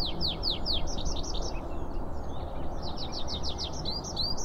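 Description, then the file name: Pipit giving rapid repeated high chirping notes in quick runs, a brief pause, then more fast chirps, with constant low background rumble. Recorded on 3 April 2010. "2010-04-03 Pipit"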